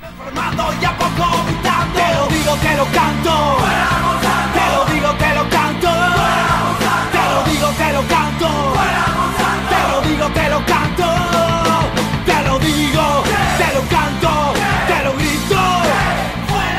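A protest song plays at steady full volume, with forceful, almost shouted vocals riding over a dense band, a droning bass line and regular percussive hits throughout.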